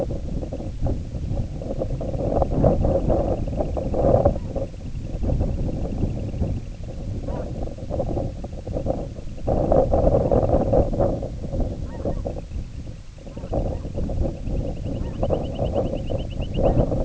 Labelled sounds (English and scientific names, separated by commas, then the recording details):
Semipalmated Sandpiper (Calidris pusilla), unidentified sound
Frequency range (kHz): Semipalmated Sandpiper (Calidris pusilla) 1.9-3.8 kHz
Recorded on Arctic tundra, site IGLO-A, on 20 June 2018
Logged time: 07:59